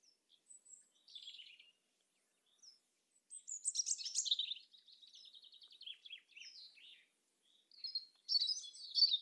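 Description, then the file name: European robin song, scattered high whistled notes building into a rapid jumble of twitters, then a bright phrase at the end. "Erithacus rubecula"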